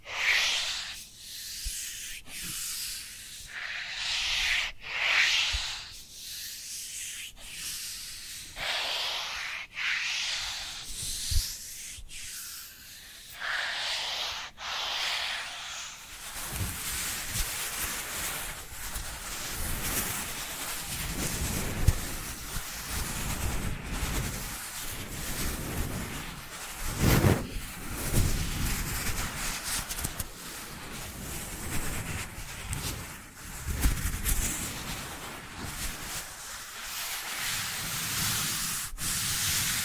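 Dry hands rub together in rhythmic strokes for about sixteen seconds, then a denser, continuous rough rubbing with lower fluttering swishes follows.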